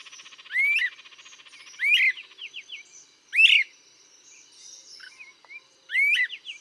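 Great crested flycatcher with loud upslurred whistled wheeps, about four, while other birds twitter and a rapid series of soft ticking notes runs underneath.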